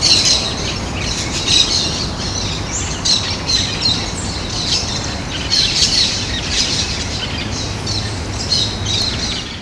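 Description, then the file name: Plain parakeet flock calls, a dense chatter of shrill, high squawks and chirps over steady low background noise. A flock calling at Ibirapuera, São Paulo, Brazil; recording possibly dated 7-12-12. "Brotogeris tirica flock Ibirapuera SP BR 7 12 12 ASIlveira"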